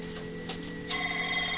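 A telephone rings with a steady electronic tone, sustained, growing a little louder partway through, with no one speaking.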